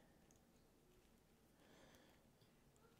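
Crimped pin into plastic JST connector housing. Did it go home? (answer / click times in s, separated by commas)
no / none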